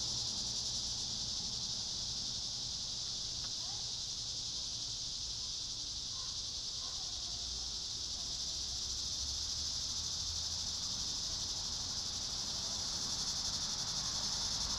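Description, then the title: Cicada chorus, an even shimmering high buzz running throughout at a softer level, with a faint low rumble and a few brief small sounds underneath. Cicadas at Trinity. "neoscenes: cicadas at Trinity"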